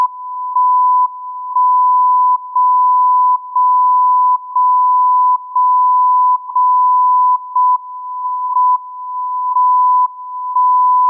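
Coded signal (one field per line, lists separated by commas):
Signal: radio time signal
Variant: JJY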